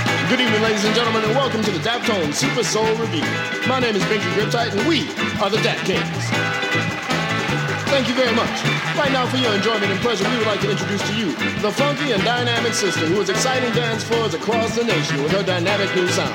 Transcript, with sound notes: Good evening, ladies and gentlemen, and welcome to the Daptones super-soul review. My name is Binky Griptite, and we are the Dap- Kings. (Soundbite of applause) Thank you very much. Right now for your enjoyment and pleasure, we would like to introduce to you, the funky and dynamic sister whose exciting dance (unintelligible) across the nation with her dynamic new sound.